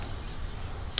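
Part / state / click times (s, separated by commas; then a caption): brass joint of a folding wooden measuring rule / seated / 1.0 s. The brass joint of an old Lufkin folding wooden measuring rule is swung open until it locks, with the joints still working well. Over a steady low background hum, a single sharp, short snap is heard at 1.0 s as the joint seats into place.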